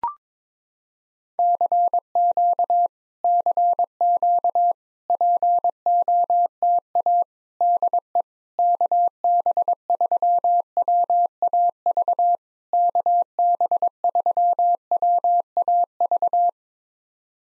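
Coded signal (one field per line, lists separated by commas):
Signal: Morse code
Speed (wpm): 22 wpm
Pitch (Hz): 700 Hz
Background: none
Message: CQ CQ POTA DE KB3WAV KB3WAV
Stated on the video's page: POTA exchange practice at 22 wpm, each exchange sent in Morse, then spoken, then sent again.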